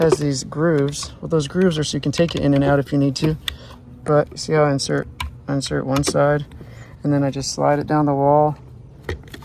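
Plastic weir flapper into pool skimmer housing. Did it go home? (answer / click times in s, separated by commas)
yes / 9.1 s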